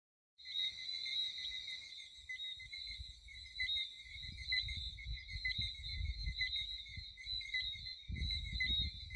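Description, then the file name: Frogs in a steady chorus, dense high ringing tones held almost without a break, with low rumbling noise and a few scuffs underneath. "Chant de grenouilles - Sound of frog"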